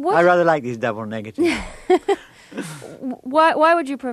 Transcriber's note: laughter